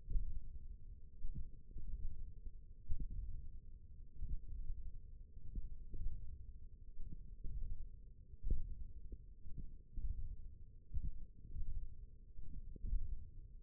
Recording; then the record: forearm muscle sounds (acoustic myography)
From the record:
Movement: tripod grip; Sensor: system 1, eight BSWA MPA416 microphones around the upper forearm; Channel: 4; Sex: male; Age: 20 years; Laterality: left